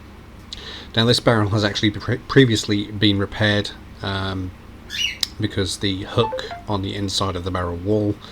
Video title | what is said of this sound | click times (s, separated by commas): Vintage Omega Pocket Watch - Part 2 - Barrel & Balance - Narrated Series | So I gently press it down with the brass tweezers before I finally close it, using the tweezers themselves and going around the outer edge to make sure everything is snapped in place. | 0.5 s